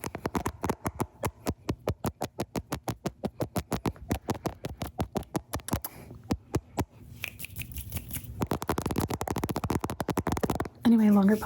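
Rapid, regular tapping on a camera, a dense string of sharp knocks roughly six or more per second, slowing slightly and thinning out around six to eight seconds. Near the end the taps turn into a faster rattle, followed by a brief scraping, whining sound.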